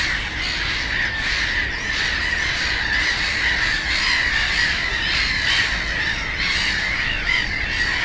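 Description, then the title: Black-headed gulls keep up a constant noisy chorus of rasping, squawking cries layered on one another, with a low traffic hum underneath throughout. Black-headed gulls, the loudest birds at ponds in a converted post-coal-mining nature area in Bytom, Poland; nearby national road and railway noise; recorded with Zoom F4 and AT BP4025. "Żabie Doły, Bytom, Polska - Black-headed gulls at Frog Ponds complex"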